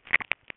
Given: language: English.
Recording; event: throat vibration sensor signal played as sound; swallow